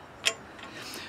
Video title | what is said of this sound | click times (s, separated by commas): Snow Blower Auger Cable "PLASTIC" Clamp FIX & UPGRADE for MTD Craftsman Troy-Bilt Yard Machines | and there's a groove in the top of the cable that it'll snap right into place | 0.3 s